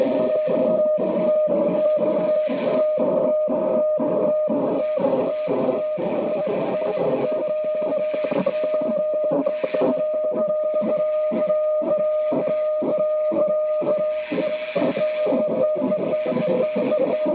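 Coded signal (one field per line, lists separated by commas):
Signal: weather fax (radiofax)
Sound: steady buzzing tones interrupted by a regular tick twice every second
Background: radio static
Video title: Maritime Weather Fax Transmission from USCG NMF Boston, MA, USA @ 4235 kHz USB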